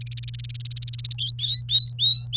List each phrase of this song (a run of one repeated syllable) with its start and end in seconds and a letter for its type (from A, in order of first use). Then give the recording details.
0.01-1.13 A, 1.18-2.37 B. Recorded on 28 April 2018 at 13:00. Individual llb3